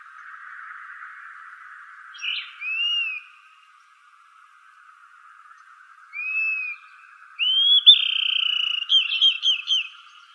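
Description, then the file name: Dusky-capped flycatcher calls: two short arched whistles, then a long plaintive whistle breaking into wavering, stuttered notes. Recorded in Arizona on 9 May 2008. "DCFL 4 deviche"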